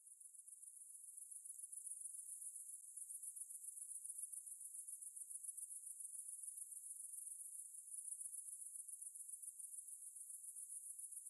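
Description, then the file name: Cicada song as an unbroken high buzz, quieter at first and then steady, throbbing several times a second. "Ambience Cicades"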